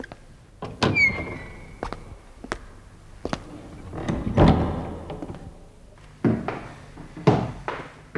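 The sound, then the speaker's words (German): A black door next to a shoe shop creaks open with a brief high squeal, followed by scattered knocks and rattles, then a couple of heavier thuds as it swings shut. No voices are present. “Jetzt noch der Schuhladen und gleich daneben die schwarze Tür.”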